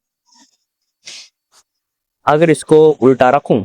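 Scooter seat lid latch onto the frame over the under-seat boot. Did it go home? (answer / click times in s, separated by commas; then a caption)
no / none. The seat lid of a Yamaha EC06 electric scooter is pressed down over a full-face helmet in the under-seat boot, and its latch onto the frame fails to lock because the helmet is too big. A few faint soft sounds are followed by a short thud at 1.1 s as the seat presses on the helmet, then someone talks from about 2.3 s. Nothing has latched or clicked yet.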